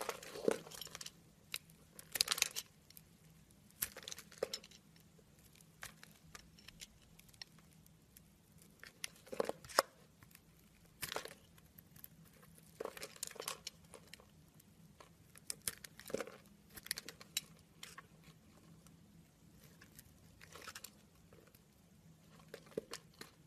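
Soap carving: sharp crisp scrapes and crunchy cuts arrive irregularly every second or so over a faint steady low hum, with quiet gaps.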